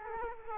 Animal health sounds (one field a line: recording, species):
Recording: mosquito wingbeat signal from an infrared sensor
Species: Culex quinquefasciatus